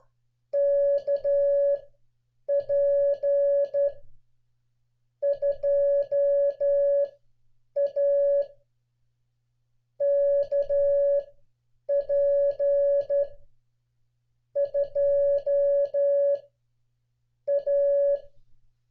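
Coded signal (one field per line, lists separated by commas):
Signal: Morse code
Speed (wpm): 12 wpm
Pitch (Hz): 560 Hz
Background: none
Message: KP2A KP2A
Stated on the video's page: Call sign copying practice for CW students, made to resemble on-air listening with no instant feedback.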